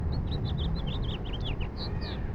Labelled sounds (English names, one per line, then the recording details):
House Finch song
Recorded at Valley Stream on Long Island, New York, on 17 June 1975
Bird AD